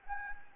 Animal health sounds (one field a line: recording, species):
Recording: mosquito wingbeat signal from an infrared sensor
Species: Anopheles gambiae